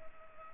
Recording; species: mosquito wingbeat signal from an infrared sensor; Culex pipiens